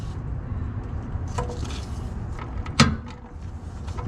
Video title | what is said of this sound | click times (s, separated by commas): Changing the engine oil on the 2022-2023 Nissan SENTRA 🚙 - The 1st oil change | so now i am using the torque wrench and i will stop after i hear a clipping sound | 2.8 s